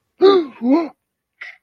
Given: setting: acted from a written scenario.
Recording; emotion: vocal sound without words; negative surprise